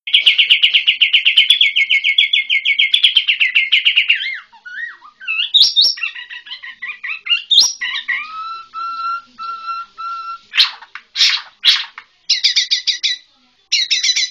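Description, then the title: White-rumped shama song: a fast rattling run of repeated notes, then varied whistled phrases, steady low whistles and bursts of harsh buzzy notes. White-rumped shama from Borneo. "MURAI BORNEO MAS KIKI"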